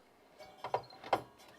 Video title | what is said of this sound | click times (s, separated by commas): How to Change Blade on Miter Saw - Dewalt Model DW705 | you'll feel it lock into place right there. | 0.7 s